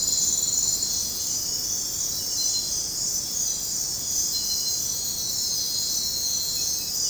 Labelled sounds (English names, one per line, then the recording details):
none
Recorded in dense forest near Puerto Asís, Putumayo, Colombia, on 20 February 2024 at 04:30
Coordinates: 0.503, -76.322
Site G6418